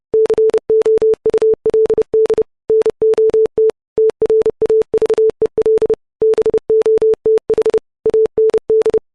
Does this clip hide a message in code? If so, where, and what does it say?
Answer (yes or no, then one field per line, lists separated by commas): yes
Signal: Morse code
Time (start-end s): 0.1-9.0 s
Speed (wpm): 30 wpm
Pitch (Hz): 440 Hz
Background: none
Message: COULD NOT TRAVEL BOTH AND